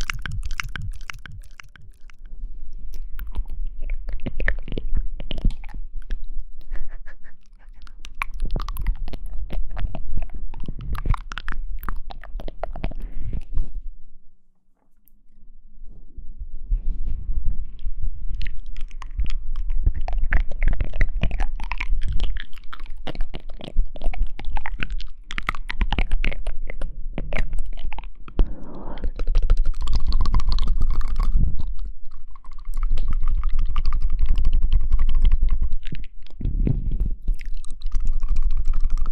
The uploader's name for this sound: Mouth Sounds